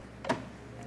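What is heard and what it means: The front-end assembly, likely the bumper, of a MK8 Golf R/GTI is pushed all the way home into its mounting clips during an intercooler install. Two sharp ticks are heard at 0.3 s and 0.3 s as it seats, and the part is secured and good to go.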